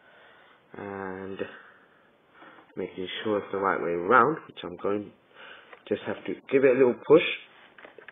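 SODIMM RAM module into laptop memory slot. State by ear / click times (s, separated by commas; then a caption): not seated / none. A SODIMM RAM module is held at the memory slot of an Apple PowerBook G3 Pismo laptop and turned to check it is the right way around before being pushed in. Someone talks throughout, with a few faint ticks of handling near the end. The module is only lined up, and nothing has seated or clicked yet.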